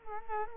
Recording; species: mosquito wingbeat signal from an infrared sensor; Culex quinquefasciatus